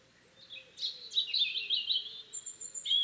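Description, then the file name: European robin song: a rapid, jumbled high warble with a thin sustained whistle near the end. "Erithacus rubecula"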